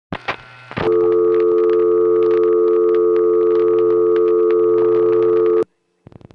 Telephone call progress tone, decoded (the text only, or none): dial tone